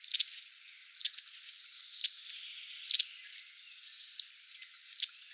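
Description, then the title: Long-tailed tit calls: six sharp, high, thin bursts roughly once a second, each trailing into brief softer notes. Several birds. "Sylvain Jaskowiak - Mes piafs. Mésanges à longue queue"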